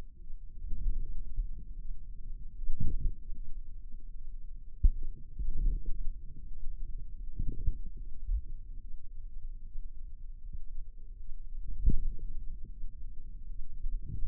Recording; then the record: forearm muscle sounds (acoustic myography)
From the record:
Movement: wrist extension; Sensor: system 2, bracelet of six BSWA MPA416 microphones around the upper forearm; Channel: 4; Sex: female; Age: 23 years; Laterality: right